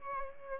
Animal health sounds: mosquito wingbeat signal from an infrared sensor; Aedes albopictus

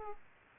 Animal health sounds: mosquito wingbeat signal from an infrared sensor; Aedes aegypti

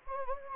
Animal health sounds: mosquito wingbeat signal from an infrared sensor; Anopheles gambiae

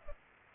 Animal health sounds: mosquito wingbeat signal from an infrared sensor; Culex pipiens

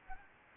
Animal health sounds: mosquito wingbeat signal from an infrared sensor; Anopheles gambiae

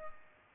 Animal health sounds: mosquito wingbeat signal from an infrared sensor; Culex pipiens

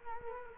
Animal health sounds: mosquito wingbeat signal from an infrared sensor; Culex quinquefasciatus

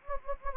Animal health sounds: mosquito wingbeat signal from an infrared sensor; Anopheles gambiae

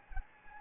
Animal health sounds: mosquito wingbeat signal from an infrared sensor; Anopheles gambiae

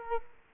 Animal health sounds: mosquito wingbeat signal from an infrared sensor; Culex quinquefasciatus

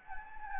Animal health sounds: mosquito wingbeat signal from an infrared sensor; Anopheles gambiae

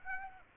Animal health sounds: mosquito wingbeat signal from an infrared sensor; Aedes aegypti

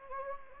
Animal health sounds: mosquito wingbeat signal from an infrared sensor; Anopheles gambiae

